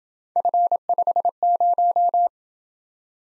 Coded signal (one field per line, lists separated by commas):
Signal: Morse code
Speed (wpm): 27 wpm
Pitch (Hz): 700 Hz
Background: none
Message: F50